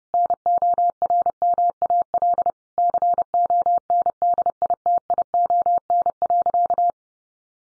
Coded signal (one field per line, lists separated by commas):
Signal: Morse code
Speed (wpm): 30 wpm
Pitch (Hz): 700 Hz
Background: none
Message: NORMAL CONDITION.